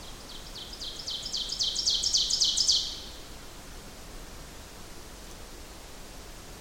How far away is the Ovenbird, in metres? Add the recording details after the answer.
about 25 m. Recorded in boreal forest in Alberta, Canada, on 14 June 2016 at 07:23. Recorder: SongMeter 3, array SBT-3-33. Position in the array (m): 100 m, 139 m. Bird 21